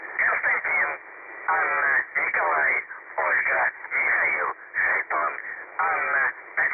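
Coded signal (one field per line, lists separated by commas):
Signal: numbers station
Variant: UVB-76 voice message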